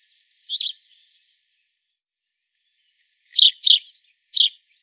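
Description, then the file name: House sparrow call, one sharp chirp followed after a pause by a quick run of three chirps. "Passer domesticus"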